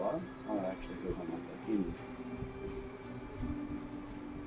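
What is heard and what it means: A plastic model kit piece for a Bandai MG RX-0 Unicorn Gundam with MS Cage is handled and positioned onto the bottom of the body unit while someone talks, and low handling noises run under the speech. Nothing has seated or clicked yet. The part is meant to snap on, though the parts still feel loose.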